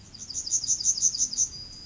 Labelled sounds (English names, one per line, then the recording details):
Yellowhammer song
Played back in forest
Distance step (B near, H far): D
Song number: 167